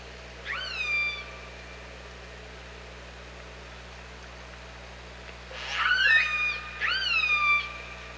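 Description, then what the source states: Orca calls: one rising harmonic call, a quiet pause, then two loud rising-and-held calls in quick succession, low steady hum throughout. Recorded by OrcaLab on 24 August 2017 at about 07:50.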